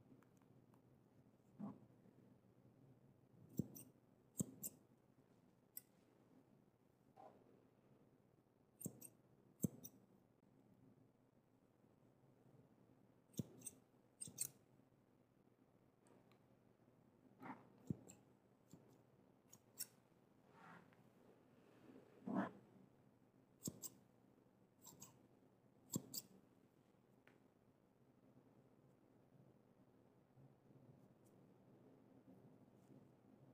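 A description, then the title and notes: Scissors snip during a haircut, in short crisp bursts every second or two, some in quick pairs, with sharp bright clicks. Between the cuts a soft low rumble and faint rustling fill the quiet. Relaxing Haircut ASMR Role Play.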